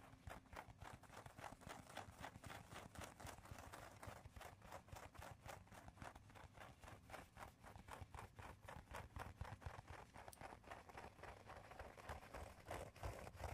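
Rapid tapping fills the whole stretch, a steady stream of sharp, bright clicks coming several times a second in a loose, galloping rhythm. Underneath runs a low, rough scratching rumble that stays fairly constant, with the tapping growing slightly denser and louder toward the end.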